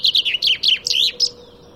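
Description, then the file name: Common chaffinch song fragment: a quick series of bright, slightly descending chirped notes, ending in a short higher flourish, over faint low hum. "Fringilla coelebs"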